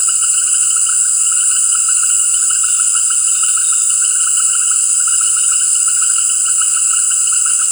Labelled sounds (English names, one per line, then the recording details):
none
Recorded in dense forest near Puerto Asís, Putumayo, Colombia, on 20 February 2024 at 18:30
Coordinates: 0.484, -76.317
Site G6464